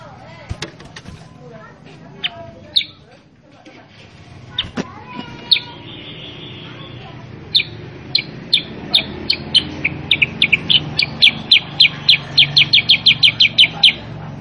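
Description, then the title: Sooty-headed bulbul song: scattered sharp chirps, then a fast series of bright, clipped notes that speeds up and repeats several times a second toward the end. Tutor song for training caged birds to respond quickly and sing vigorously (gacor). "Masteran Kutilang Sutra. MASTERAN BURUNG KUTILANG SUTRA BIKIN KUTILANG SUTRA BAHAN LANGSUNG RESPON BUNYI GACOR"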